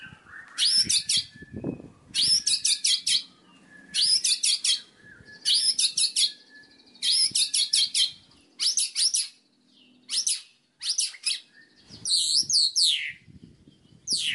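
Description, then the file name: White-rumped shama song: loud, rapid bursts of varied chattering and whistled notes, repeated many times. Master song recording used for training captive birds. "suara masteran murai batu"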